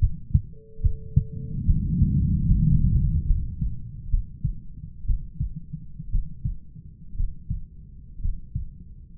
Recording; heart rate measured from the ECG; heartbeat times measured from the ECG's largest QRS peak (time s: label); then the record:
heart sounds by stethoscope; 66 bpm
0.01 s: heartbeat
0.83 s: heartbeat
1.67 s: heartbeat
2.49 s: heartbeat
3.27 s: heartbeat
4.11 s: heartbeat
5.07 s: heartbeat
6.12 s: heartbeat
7.17 s: heartbeat
8.22 s: heartbeat
From the record:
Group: heart failure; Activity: rest 0-3 s, breath hold 3-9 s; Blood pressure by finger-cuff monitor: 121/86 mmHg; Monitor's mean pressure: 98 mmHg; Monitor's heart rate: 72 bpm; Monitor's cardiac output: 6.2 L/min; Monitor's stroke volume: 88 mL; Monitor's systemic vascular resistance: 1190 dyn s/cm5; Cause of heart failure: idiopathic cardiomyopathy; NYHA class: 1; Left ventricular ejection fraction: 50%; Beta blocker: bisoprolol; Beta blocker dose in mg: 5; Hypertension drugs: candesartan, spironolactone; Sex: male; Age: 54 years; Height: 180 cm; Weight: 94.6 kg